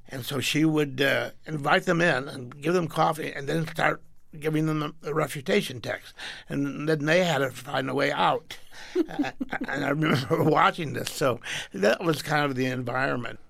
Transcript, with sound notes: so she would invite them in and give them coffee and then start giving them the refutation text. And then they had to find a way out. (Laughter) And I remember watching this, so that was kind of the environment.